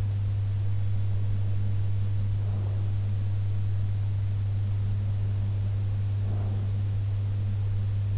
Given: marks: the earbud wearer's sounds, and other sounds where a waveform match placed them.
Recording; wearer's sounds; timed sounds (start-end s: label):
sounds in sleep by an in-ear microphone; breath
2.27-2.98 s: breath
6.13-6.90 s: breath